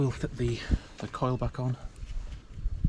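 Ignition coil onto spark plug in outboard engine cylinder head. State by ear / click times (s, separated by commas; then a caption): not seated / none. Someone talks while working on a Honda BF 75/80/90/100 outboard engine, getting ready to push the ignition coil back down onto the spark plug in the cylinder head. Brief handling sounds come near the end, but the coil has not yet seated or clicked onto the spark plug.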